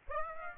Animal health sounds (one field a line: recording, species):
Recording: mosquito wingbeat signal from an infrared sensor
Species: Aedes aegypti